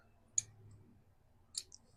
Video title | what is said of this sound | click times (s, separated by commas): Así se arma la pistola star de 1922 cal 38 acp | اینجاست. ببین، دفعه اول سر جایش افتاد، | 0.4 s